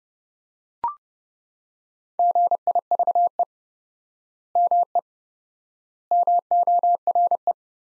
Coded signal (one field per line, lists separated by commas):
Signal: Morse code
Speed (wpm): 31 wpm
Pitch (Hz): 700 Hz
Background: none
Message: GIVE ME MORE